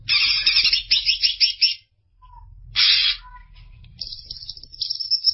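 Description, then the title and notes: Greater green leafbird singing in bursts: a busy chattering phrase, a short silence, another rich burst, then a sustained high trill. Champion songbird. "Kicau Burung Cucak Ijo Juara. Suara kicauan burung cucak ijo"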